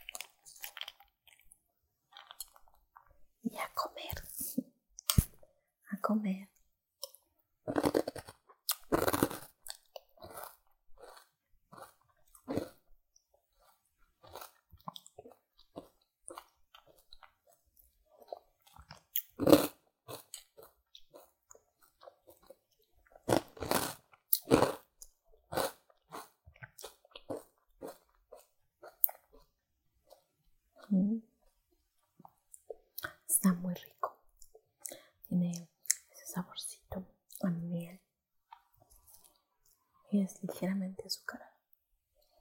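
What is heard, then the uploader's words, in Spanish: Someone eating cereal, with crisp crunching bites that come in irregular bursts throughout, loudest around 8 and 24 seconds. Between bites there are quiet gaps, and from about 30 seconds on, short low thuds recur every second or two alongside lighter chewing. ASMR Comiendo cereal.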